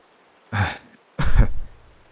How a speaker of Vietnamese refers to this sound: Sinh khó nhọc cất tiếng, vừa nói vừa ho.